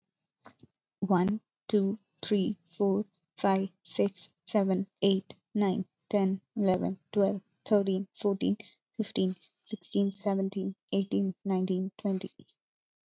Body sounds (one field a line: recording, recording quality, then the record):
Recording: counting at a normal pace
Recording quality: excellent, no background noise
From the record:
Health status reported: exposed to COVID-19, no respiratory illness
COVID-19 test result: negative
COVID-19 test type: RT-PCR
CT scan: not taken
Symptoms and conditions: none ticked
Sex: female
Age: 23 years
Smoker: no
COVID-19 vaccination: both doses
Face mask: not worn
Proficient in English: yes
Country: India